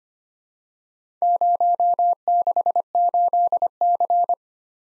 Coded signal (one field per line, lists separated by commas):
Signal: Morse code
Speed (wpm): 25 wpm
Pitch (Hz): 700 Hz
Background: none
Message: 068C